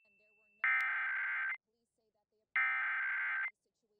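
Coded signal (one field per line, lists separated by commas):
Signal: Emergency Alert System (SAME) tones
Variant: header bursts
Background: speech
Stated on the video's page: Test of the Emergency Alert System, interrupting a noon TV newscast.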